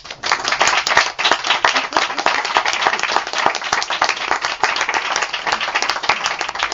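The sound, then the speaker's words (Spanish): An audience at a book presentation applauds steadily for several seconds, a dense wash of many hands clapping at once with a few sharper claps standing out, loud and sustained throughout with no voices. “Así que yo creo que este es el momento en el que aplaudís.”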